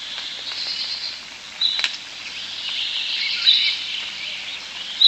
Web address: european starling